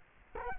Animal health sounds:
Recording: mosquito wingbeat signal from an infrared sensor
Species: Culex quinquefasciatus

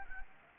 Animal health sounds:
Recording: mosquito wingbeat signal from an infrared sensor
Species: Anopheles arabiensis

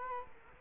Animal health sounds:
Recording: mosquito wingbeat signal from an infrared sensor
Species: Culex quinquefasciatus

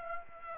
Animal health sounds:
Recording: mosquito wingbeat signal from an infrared sensor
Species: Aedes aegypti

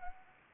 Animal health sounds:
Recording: mosquito wingbeat signal from an infrared sensor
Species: Anopheles arabiensis

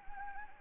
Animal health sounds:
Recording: mosquito wingbeat signal from an infrared sensor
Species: Anopheles gambiae

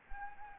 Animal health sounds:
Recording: mosquito wingbeat signal from an infrared sensor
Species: Anopheles arabiensis

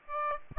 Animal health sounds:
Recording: mosquito wingbeat signal from an infrared sensor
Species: Aedes aegypti

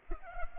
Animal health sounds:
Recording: mosquito wingbeat signal from an infrared sensor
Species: Culex pipiens

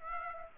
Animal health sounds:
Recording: mosquito wingbeat signal from an infrared sensor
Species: Aedes aegypti

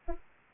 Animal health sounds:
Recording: mosquito wingbeat signal from an infrared sensor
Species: Aedes aegypti

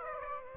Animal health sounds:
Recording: mosquito wingbeat signal from an infrared sensor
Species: Aedes aegypti

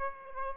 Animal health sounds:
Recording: mosquito wingbeat signal from an infrared sensor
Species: Aedes aegypti

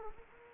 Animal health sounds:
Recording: mosquito wingbeat signal from an infrared sensor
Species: Anopheles gambiae

